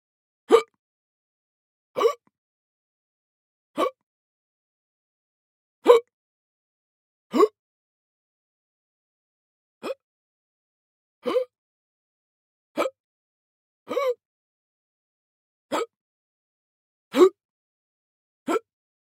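Twelve short, abrupt voiced gulps occur in about 19 seconds, roughly every one and a half seconds, with silence between them. Each has a sudden catch in the throat. This is a run of ordinary hiccups in an adult man.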